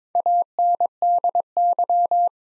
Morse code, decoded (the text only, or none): ANDY